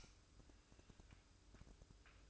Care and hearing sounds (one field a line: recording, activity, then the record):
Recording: daily activity, microphone in the room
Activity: light off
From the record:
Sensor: 2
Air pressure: 1007.7 hPa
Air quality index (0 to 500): 78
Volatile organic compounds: 1 ppm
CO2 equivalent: 642 ppm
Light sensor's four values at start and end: 9/20/8/9 and 9/20/8/9